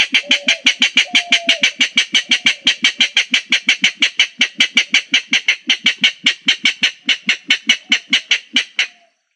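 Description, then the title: Rail giving a long, rapid series of hard, clacking notes, with a faint, thin whistle over the first seconds. "Familia Rallidae"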